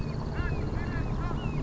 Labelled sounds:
Red-shouldered Hawk
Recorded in Sonoma County, California

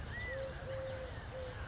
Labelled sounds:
California Quail
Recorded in Sonoma County, California

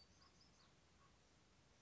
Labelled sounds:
Common Raven
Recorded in Sonoma County, California

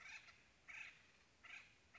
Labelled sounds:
Acorn Woodpecker
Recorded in Sonoma County, California

